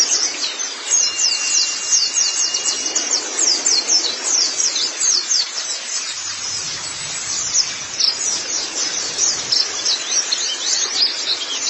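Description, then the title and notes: White-eye twittering song, a dense stream of very high, thin, rapid chirps and trills with many notes overlapping throughout, steady and unbroken. "Kicauan Burung Pleci Durasi Panjang. Suara kicauan burung pleci"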